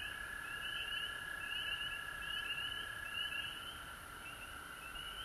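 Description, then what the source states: Frog chorus of constant high trilling, with quick upswept chirps repeating in clusters. Frogs recorded at home in Georgia on March 19, 2020.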